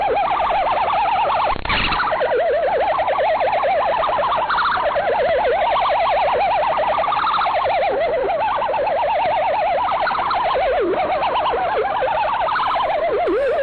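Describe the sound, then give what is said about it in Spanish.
A radio bubble jammer, interference sent on the same frequency to silence the Lincolnshire numbers station: a loud, continuous warbling tone that wobbles rapidly up and down like a siren, with a hissy, muffled radio quality and no voices throughout. “Eso le sucedió a la Lincolnshire y parece ser que se le emitió lo que se llama una emisora de burbuja.”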